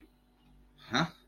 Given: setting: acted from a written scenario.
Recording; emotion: vocal sound without words; confusion